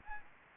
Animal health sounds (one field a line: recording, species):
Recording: mosquito wingbeat signal from an infrared sensor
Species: Anopheles gambiae